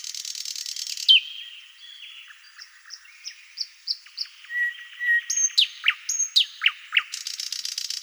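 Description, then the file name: Thrush nightingale song with varied phrases: a buzzy high rattle, soft piping notes, steady whistles, then loud downward-sweeping notes repeated several times, ending in a harsh buzz. "solovey obyknovennyy golos"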